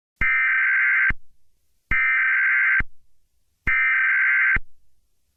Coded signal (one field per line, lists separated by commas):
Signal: Emergency Alert System (SAME) tones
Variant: header bursts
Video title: The Super SWAT Boys EAS Scenario | Doctor Infernos Deadly Hiest